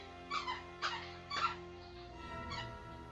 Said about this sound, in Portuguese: É, tem um cachorro aqui com um tufi aqui enchendo o saco.